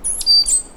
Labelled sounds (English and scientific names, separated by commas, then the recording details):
Stitchbird (Notiomystis cincta) song
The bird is a male
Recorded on Tiritiri Matangi Island, New Zealand, in 2005
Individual 1, of nest box 1